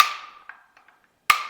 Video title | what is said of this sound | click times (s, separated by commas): 2014-2022+ MINI Hardtop 2-dr Hatchback with Flush Side Rails - Thule's Best Roof Rack Crossbars | that way you can hear that click | 0.0 s, 1.3 s